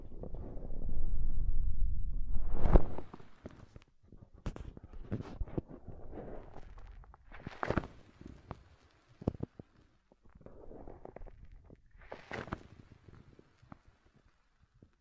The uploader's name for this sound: Deep Ear Tingles Soft & Fluffy Triggers